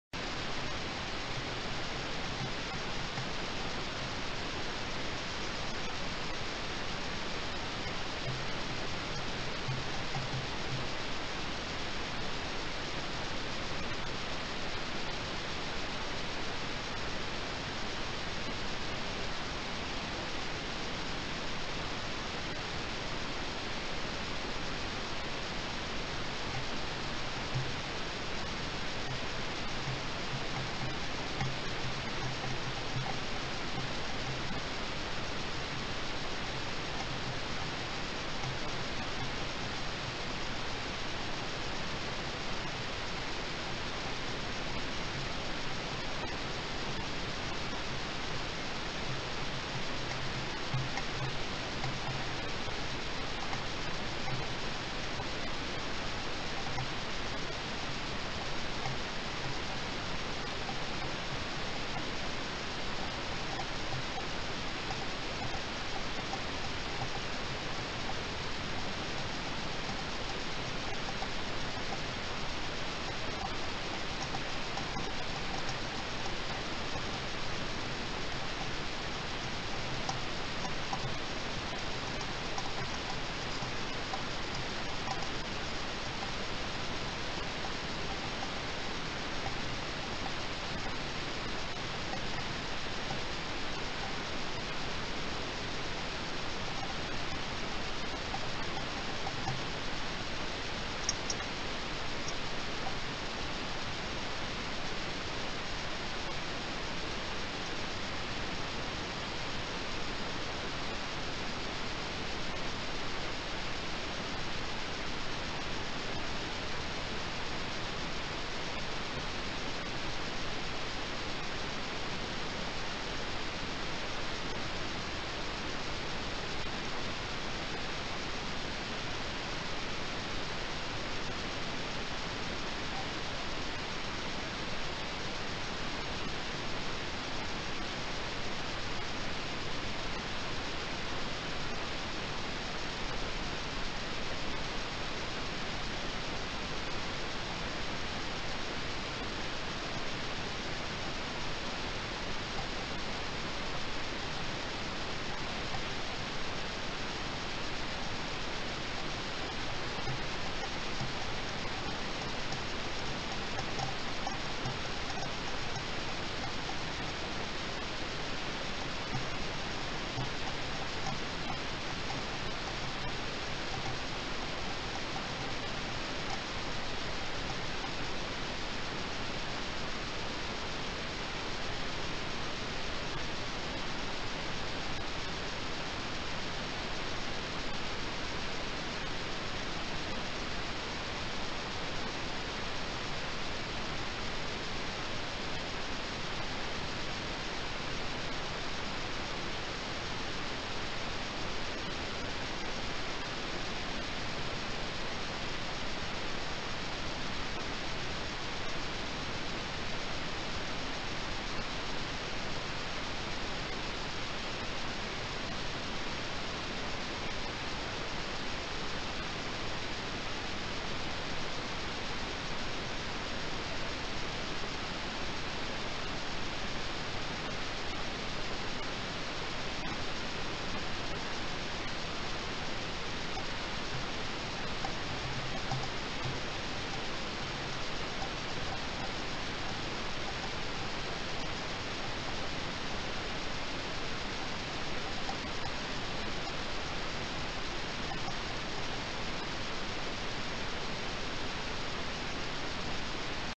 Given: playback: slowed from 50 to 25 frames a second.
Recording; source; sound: accelerometer signal; Varroa mite walking; clicking